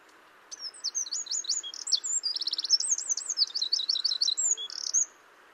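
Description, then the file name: Eurasian wren song: a single rapid, very high outburst of sharp notes, buzzy trills and looping whistles lasting about four and a half seconds, over faint background hiss. "Troglodytes troglodytes"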